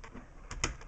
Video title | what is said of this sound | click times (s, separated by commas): ICEM Designs Aura Pro Case | and it locks into place | 0.6 s